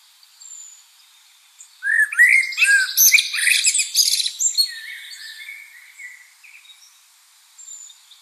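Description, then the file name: Common blackbird song: a mellow low warble that breaks into a dense, squeaky high twitter and fades into a few thin notes. "Turdus merula"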